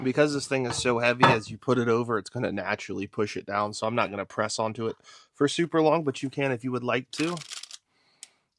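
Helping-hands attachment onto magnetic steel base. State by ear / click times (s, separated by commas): seated / 8.2 s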